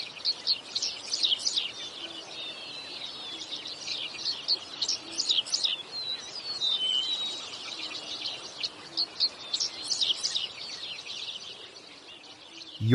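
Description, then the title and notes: Birds singing together in a busy chorus of high chirps, trills and short whistles, steady throughout, ending with a brief low thump. Uninterrupted birdsong. "enjoy a minute of uninterrupted birdsong"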